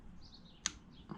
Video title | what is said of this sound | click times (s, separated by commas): Assembling my new 2JZGTE Engine for my JZX100 Chaser! | one little click and simple as that | 0.7 s